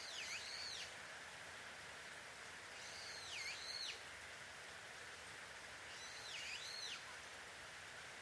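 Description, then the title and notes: Bird giving three swooping high notes, each dipping then rising, spaced about three seconds apart over a constant background hiss. Recorded at dusk in Takao, Japan; field recording. "鳥の夫婦喧嘩 – Birds Quarrel At Dusk. Recorded in Takao Japan"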